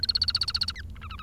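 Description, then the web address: Bengalese finch singing a rapid run of evenly spaced, harmonic high notes, then a brief pause and a series of varied, shifting notes. "nccratliri vad-multi-species. bengalese finch"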